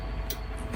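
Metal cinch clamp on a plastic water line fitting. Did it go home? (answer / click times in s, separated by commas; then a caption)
yes / 0.3 s. A ratcheting crimp tool bites down on the tab of a metal cinch clamp on a plastic water line fitting in a van, tightening the clamp. A single sharp click is heard at 0.3 s over a steady low rumble. The clamp is seated.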